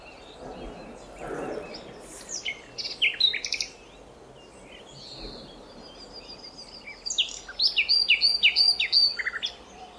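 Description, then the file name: Common nightingale singing varied phrases: a jumble of clear whistles, a softer thin phrase after a pause, then a fast run of repeated sharp chipping notes. "Luscinia megarhynchos"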